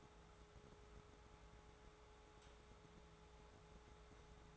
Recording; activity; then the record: daily activity, microphone in the room; take from stove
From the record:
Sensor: 3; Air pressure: 1010.2 hPa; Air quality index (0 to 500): 166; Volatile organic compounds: 9 ppm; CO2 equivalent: 2180 ppm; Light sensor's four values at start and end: 50/125/55/61 and 51/125/55/61